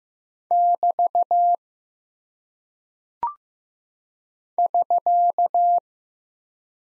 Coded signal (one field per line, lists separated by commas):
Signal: Morse code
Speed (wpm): 15 wpm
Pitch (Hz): 700 Hz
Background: none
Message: <BT> <SK>